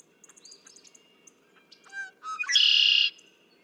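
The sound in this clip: Red-winged blackbird song: a few soft high notes, then two short lower notes leading into a loud, buzzy trill lasting about half a second.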